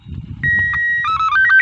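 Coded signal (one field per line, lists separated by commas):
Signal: SSTV (slow-scan television)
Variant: Robot 36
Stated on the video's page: SSTV from a university research experiment with APRS and SSTV.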